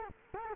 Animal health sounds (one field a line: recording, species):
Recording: mosquito wingbeat signal from an infrared sensor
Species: Culex quinquefasciatus